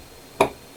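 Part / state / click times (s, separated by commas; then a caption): RAM module into motherboard DIMM slot / seated / 0.4 s. A DDR4 memory stick is pressed down into a motherboard DIMM slot until the plastic retention clip at its second end snaps back in. Against a quiet background, a single sharp, bright click sounds at 0.4 s and fades quickly. The stick is seated, with the clip locked back in place.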